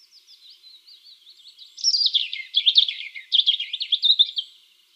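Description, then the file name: European robin song: high, sweet warbling that starts softly and swells into quick, varied trills and tinkling twitters, pitch shifting up and down. "Erithacus rubecula"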